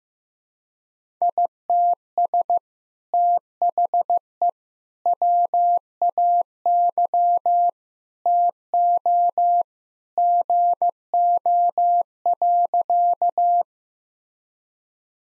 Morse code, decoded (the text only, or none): ITS THE WAY TO GO.